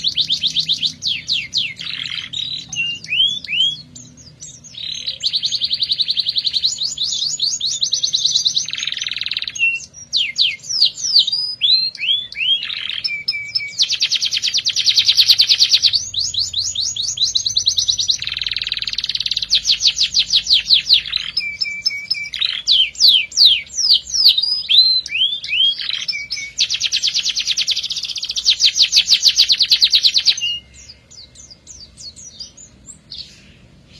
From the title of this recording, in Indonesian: KENARI MACET